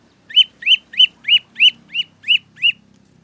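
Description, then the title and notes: Prinia song: eight loud arched chirps repeated evenly about three times a second, with a faint low hum beneath. Song used for training captive birds. "Masteran Terapi Prenjak. Burung Prenjak"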